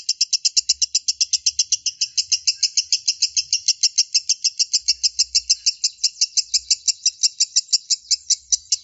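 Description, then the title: Lovebird giving a rapid, regular run of shrill, scratchy chirps, evenly spaced and sustained throughout. Konslet-style continuous chirping song. "Lovebird Konslet"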